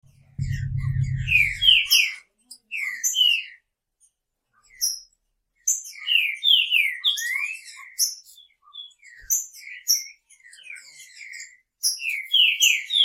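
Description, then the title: Green-winged Saltator gives ringing whistled phrases with sweeping notes; a low buzzing hum sounds briefly at the start. "Trinca Ferro"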